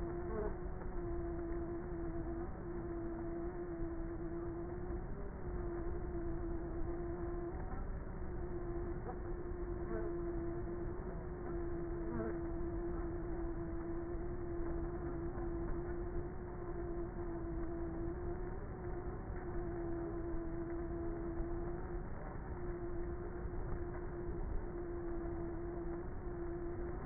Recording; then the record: honeybee colony, microphone inside the hive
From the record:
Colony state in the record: queenless with a low population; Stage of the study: before two queens were removed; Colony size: about 30,000 bees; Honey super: no